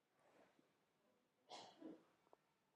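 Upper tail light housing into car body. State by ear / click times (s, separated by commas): not seated / none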